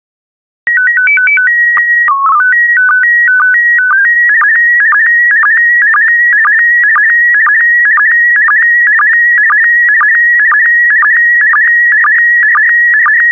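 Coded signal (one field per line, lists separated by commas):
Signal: SSTV (slow-scan television)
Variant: PD 120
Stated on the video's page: SSTV images in PD120 mode.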